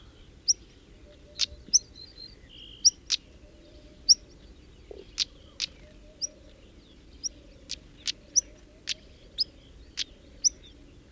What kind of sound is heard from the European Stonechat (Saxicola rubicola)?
call